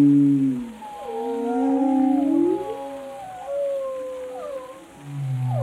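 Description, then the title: Whale vocalizations, low groans at start and end framing crisscrossing moans that swoop upward and downward. "Whale Tales: Discovering the Stories Behind the Sounds"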